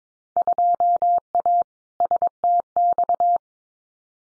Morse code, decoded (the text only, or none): 2A STX